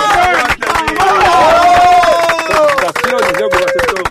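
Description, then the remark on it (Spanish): Loud, dense applause fills the whole four seconds, many hands clapping at once, with whooping, cheering voices rising and falling over the top. “Un aplauso”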